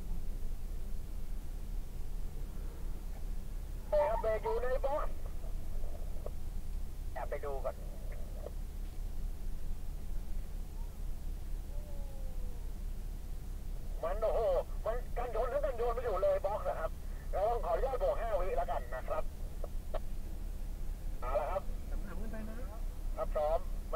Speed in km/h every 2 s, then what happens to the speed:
0, 0, 0, 0, 0, 0, 0, 0, 0, 0, 0, 0.
0-24 standing.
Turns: none.